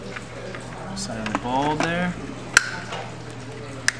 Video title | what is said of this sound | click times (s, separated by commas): BMW Clear / Smoke Lenses DIY Installation Video - Corners, Sidemarkers, and Tail Lights | make sure you hear that click before you put it back in | 2.6 s, 3.9 s